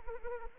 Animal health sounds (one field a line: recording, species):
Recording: mosquito wingbeat signal from an infrared sensor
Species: Anopheles arabiensis